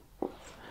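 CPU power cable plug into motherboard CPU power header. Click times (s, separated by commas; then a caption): 0.2 s. After being turned around, a CPU power cable plug is pushed into the motherboard's CPU power header the correct way. It gives a single sharp click at 0.2 s, with quiet low-level noise before and after, and the connector seats.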